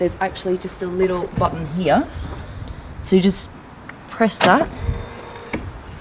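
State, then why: Released. Someone talks while a small button on a hypercar door is pressed, and the internal door latch releases with a sharp click at 5.5 s. The car door latch clicks open.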